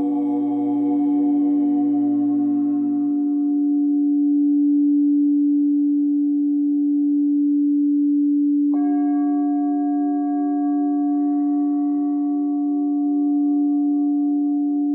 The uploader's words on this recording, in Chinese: 頌砵,冥想。